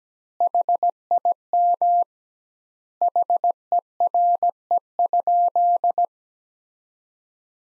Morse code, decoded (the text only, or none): HIM HERE?